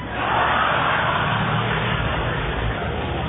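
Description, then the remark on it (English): A truck engine roars steadily as it drives by, a loud, continuous rumble mixed with broad road noise that holds nearly constant for a few seconds, with no voices. “of the most endangered species in Canada is the Maitland truck.”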